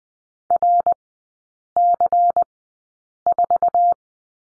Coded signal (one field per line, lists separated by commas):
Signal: Morse code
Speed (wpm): 20 wpm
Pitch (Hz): 700 Hz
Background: none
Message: RC4